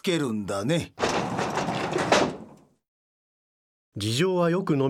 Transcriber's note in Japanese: ガラス戸 乱暴に閉まる